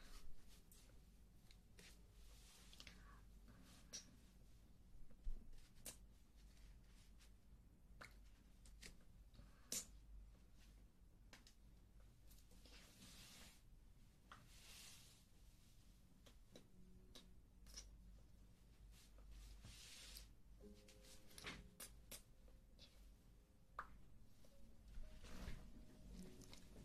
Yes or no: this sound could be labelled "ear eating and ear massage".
yes